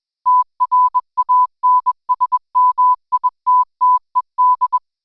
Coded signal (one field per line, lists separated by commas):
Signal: Morse code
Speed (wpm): 21 wpm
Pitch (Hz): 1000 Hz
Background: none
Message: TRANSMITTED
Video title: REAST Forum Night - Contesting in all it's Forms!